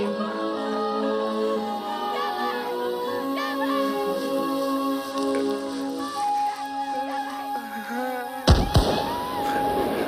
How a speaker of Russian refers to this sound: Максим оборачивается на выстрелы, опускает голову, мнет в руках колосок.